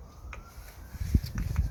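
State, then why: Not seated. The rubber HT lead cap is pushed back onto a spark plug of a Suzuki SV650 motorcycle during a full service. After a faint tick near 0.3 s, low handling bumps and rubbing build from about 1.0 s, with a dull thud near 1.2 s. Nothing has seated or clicked yet; the cap is handled but not yet home.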